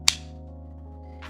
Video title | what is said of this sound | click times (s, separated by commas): Civivi SOKN: Flawed... but in a GREAT way?!? | And I replaced it immediately with an ulticlip, as you can see. A very positive click. | 0.1 s